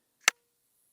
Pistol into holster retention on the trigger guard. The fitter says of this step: Hear that? It should click into place because how the retention works is it works on the trigger guard.